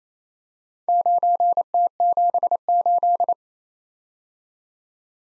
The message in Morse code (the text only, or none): 9T78